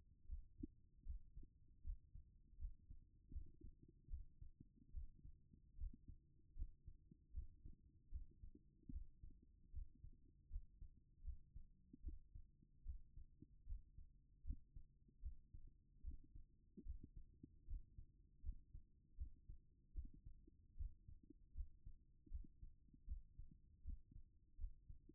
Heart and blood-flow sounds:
heart sounds by stethoscope; 77 bpm
0.27 s: heartbeat
1.04 s: heartbeat
1.82 s: heartbeat
2.57 s: heartbeat
3.31 s: heartbeat
4.08 s: heartbeat
4.92 s: heartbeat
5.76 s: heartbeat
6.54 s: heartbeat
7.32 s: heartbeat
8.10 s: heartbeat
8.90 s: heartbeat
9.71 s: heartbeat
10.48 s: heartbeat
11.22 s: heartbeat
12.02 s: heartbeat
12.83 s: heartbeat
13.65 s: heartbeat
14.42 s: heartbeat
15.20 s: heartbeat
16.02 s: heartbeat
16.83 s: heartbeat
17.65 s: heartbeat
18.41 s: heartbeat
19.16 s: heartbeat
19.93 s: heartbeat
20.75 s: heartbeat
21.53 s: heartbeat
22.29 s: heartbeat
23.05 s: heartbeat
23.82 s: heartbeat
24.56 s: heartbeat
From the record:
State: at rest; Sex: female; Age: 50 years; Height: 170 cm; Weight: 70 kg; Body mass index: 24.22

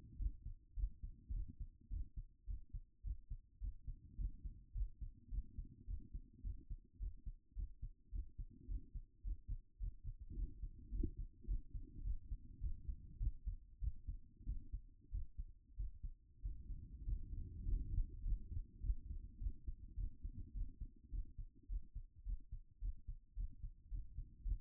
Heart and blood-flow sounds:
heart sounds by stethoscope; 105 bpm
0.17 s: heartbeat
0.75 s: heartbeat
1.32 s: heartbeat
1.89 s: heartbeat
2.46 s: heartbeat
3.02 s: heartbeat
3.59 s: heartbeat
4.16 s: heartbeat
4.73 s: heartbeat
5.29 s: heartbeat
5.86 s: heartbeat
6.42 s: heartbeat
6.98 s: heartbeat
7.54 s: heartbeat
8.10 s: heartbeat
8.67 s: heartbeat
9.22 s: heartbeat
9.78 s: heartbeat
10.34 s: heartbeat
10.90 s: heartbeat
11.46 s: heartbeat
12.03 s: heartbeat
12.59 s: heartbeat
13.18 s: heartbeat
13.80 s: heartbeat
14.45 s: heartbeat
15.10 s: heartbeat
15.75 s: heartbeat
16.41 s: heartbeat
17.04 s: heartbeat
17.64 s: heartbeat
18.23 s: heartbeat
18.81 s: heartbeat
19.39 s: heartbeat
19.96 s: heartbeat
20.53 s: heartbeat
21.10 s: heartbeat
21.67 s: heartbeat
22.24 s: heartbeat
22.80 s: heartbeat
23.35 s: heartbeat
23.89 s: heartbeat
24.43 s: heartbeat
From the record:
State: at rest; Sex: female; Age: 36 years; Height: 178 cm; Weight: 74 kg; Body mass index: 23.36

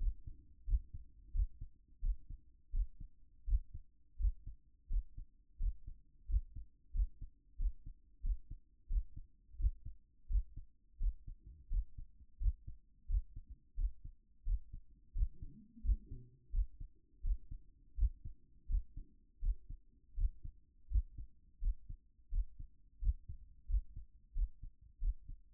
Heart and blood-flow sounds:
heart sounds by stethoscope; 87 bpm
0.65 s: heartbeat
1.32 s: heartbeat
2.00 s: heartbeat
2.71 s: heartbeat
3.45 s: heartbeat
4.17 s: heartbeat
4.88 s: heartbeat
5.58 s: heartbeat
6.26 s: heartbeat
6.92 s: heartbeat
7.57 s: heartbeat
8.21 s: heartbeat
8.88 s: heartbeat
9.57 s: heartbeat
10.27 s: heartbeat
10.98 s: heartbeat
11.68 s: heartbeat
12.38 s: heartbeat
13.07 s: heartbeat
13.75 s: heartbeat
14.44 s: heartbeat
15.13 s: heartbeat
15.82 s: heartbeat
16.51 s: heartbeat
17.21 s: heartbeat
17.95 s: heartbeat
18.67 s: heartbeat
19.40 s: heartbeat
20.15 s: heartbeat
20.88 s: heartbeat
21.59 s: heartbeat
22.30 s: heartbeat
22.99 s: heartbeat
23.67 s: heartbeat
24.33 s: heartbeat
24.99 s: heartbeat
From the record:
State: at rest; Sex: male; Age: 42 years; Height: 186 cm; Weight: 80 kg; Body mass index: 23.12

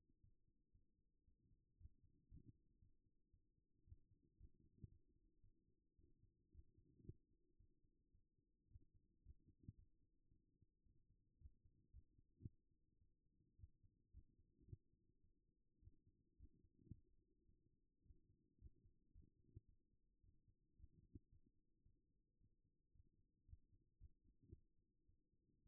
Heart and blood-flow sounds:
heart sounds by stethoscope; 112 bpm
0.22 s: heartbeat
0.73 s: heartbeat
1.26 s: heartbeat
1.79 s: heartbeat
2.30 s: heartbeat
2.80 s: heartbeat
3.32 s: heartbeat
3.85 s: heartbeat
4.39 s: heartbeat
4.90 s: heartbeat
5.42 s: heartbeat
5.97 s: heartbeat
6.53 s: heartbeat
7.06 s: heartbeat
7.58 s: heartbeat
8.13 s: heartbeat
8.69 s: heartbeat
9.24 s: heartbeat
9.77 s: heartbeat
10.30 s: heartbeat
10.84 s: heartbeat
11.39 s: heartbeat
11.92 s: heartbeat
12.45 s: heartbeat
13.00 s: heartbeat
13.57 s: heartbeat
14.13 s: heartbeat
14.66 s: heartbeat
15.22 s: heartbeat
15.81 s: heartbeat
16.38 s: heartbeat
16.92 s: heartbeat
17.47 s: heartbeat
18.04 s: heartbeat
18.60 s: heartbeat
19.13 s: heartbeat
19.67 s: heartbeat
20.22 s: heartbeat
20.78 s: heartbeat
21.31 s: heartbeat
21.84 s: heartbeat
22.39 s: heartbeat
22.93 s: heartbeat
23.47 s: heartbeat
23.99 s: heartbeat
24.52 s: heartbeat
25.07 s: heartbeat
25.64 s: heartbeat
From the record:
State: after exercise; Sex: female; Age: 33 years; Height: 160 cm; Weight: 54 kg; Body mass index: 21.09

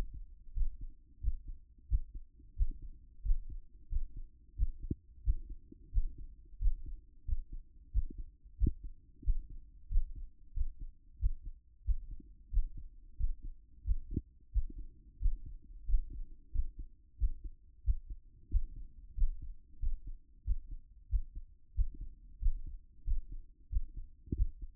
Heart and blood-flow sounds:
heart sounds by stethoscope; 91 bpm
0.53 s: heartbeat
1.20 s: heartbeat
1.87 s: heartbeat
2.54 s: heartbeat
3.21 s: heartbeat
3.88 s: heartbeat
4.55 s: heartbeat
5.22 s: heartbeat
5.90 s: heartbeat
6.58 s: heartbeat
7.24 s: heartbeat
7.90 s: heartbeat
8.56 s: heartbeat
9.22 s: heartbeat
9.87 s: heartbeat
10.53 s: heartbeat
11.18 s: heartbeat
11.83 s: heartbeat
12.49 s: heartbeat
13.16 s: heartbeat
13.83 s: heartbeat
14.51 s: heartbeat
15.18 s: heartbeat
15.85 s: heartbeat
16.51 s: heartbeat
17.17 s: heartbeat
17.82 s: heartbeat
18.48 s: heartbeat
19.14 s: heartbeat
19.79 s: heartbeat
20.43 s: heartbeat
21.08 s: heartbeat
21.73 s: heartbeat
22.38 s: heartbeat
23.03 s: heartbeat
23.68 s: heartbeat
24.34 s: heartbeat
From the record:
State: after exercise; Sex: male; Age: 28 years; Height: 182 cm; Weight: 70 kg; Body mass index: 21.13

